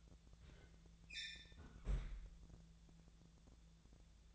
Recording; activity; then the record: daily activity, microphone in the room; close fridge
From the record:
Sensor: 3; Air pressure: 1000.0 hPa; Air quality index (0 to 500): 127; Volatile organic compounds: 2 ppm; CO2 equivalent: 1138 ppm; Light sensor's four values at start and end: 42/108/46/50 and 43/108/46/50